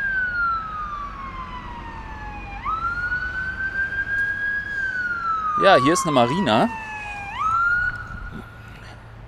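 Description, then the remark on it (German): An ambulance siren wails past, its two-tone pitch sliding slowly up and down with a strong Doppler drop, while a man speaks briefly over it. “Und das, was ihr im Hintergrund gehört habt, war ein Krankenwagen.”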